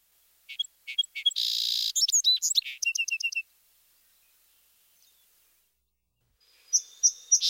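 Song sparrow song: sharp introductory notes, a buzzy burst, then a fast chattering trill, followed by silence and the start of another phrase.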